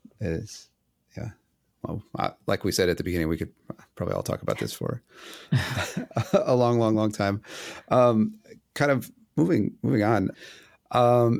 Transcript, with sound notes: Is, yeah, well, like we said at the beginning, we could probably all talk about this for (laugh) a long, long, long time. Kind of moving, moving on.